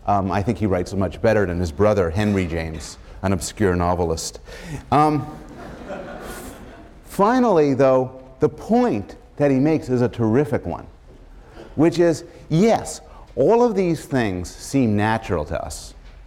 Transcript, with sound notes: I think he writes so much better than his brother, Henry James, an obscure novelist. [laughter] Finally though, the point that he makes is a terrific one, which is yes, all of these things seem natural to us